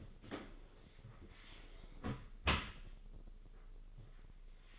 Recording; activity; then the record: daily activity, microphone in the room; close dishwasher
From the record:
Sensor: 4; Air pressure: 996.5 hPa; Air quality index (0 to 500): 88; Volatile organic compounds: 4 ppm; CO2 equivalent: 1698 ppm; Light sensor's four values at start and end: 20/55/21/23 and 18/49/19/21